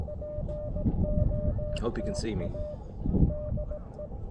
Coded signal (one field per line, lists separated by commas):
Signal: Morse code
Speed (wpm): 17 wpm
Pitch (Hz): 600 Hz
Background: speech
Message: POTA DE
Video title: Stone Mountain Georgia #SOTA & #POTA w/ Elecraft KX2 and MFJ-1898 #hamRadio #CW #SSB